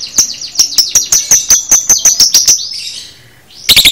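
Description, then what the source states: Lovebird song: rapid, sharp, high chips repeated for over two seconds, a brief soft buzz, then a quick burst of chips. Lovebird masteran recording, made for training cage birds.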